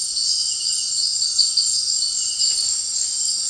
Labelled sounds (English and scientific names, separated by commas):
none